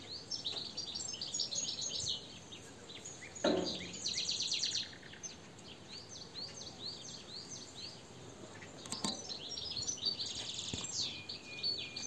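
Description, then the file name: European goldfinch twittering, tinkling high calls in bursts. "Carduelis carduelis"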